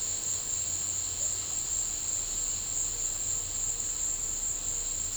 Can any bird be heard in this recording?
no